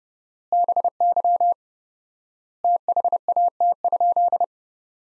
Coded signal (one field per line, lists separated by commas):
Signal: Morse code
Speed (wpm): 32 wpm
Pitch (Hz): 700 Hz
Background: none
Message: BY THAT?